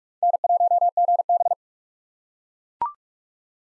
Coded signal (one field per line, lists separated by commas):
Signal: Morse code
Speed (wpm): 42 wpm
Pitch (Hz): 700 Hz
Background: none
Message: N1GB